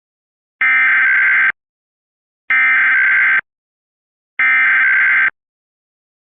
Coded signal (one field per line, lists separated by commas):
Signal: Emergency Alert System (SAME) tones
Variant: header bursts